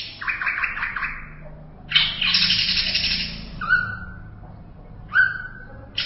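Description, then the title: Greater green leafbird song: a buzzy rattling phrase, then a long harsh burst, followed by two clear whistled notes. "Cucak ijo"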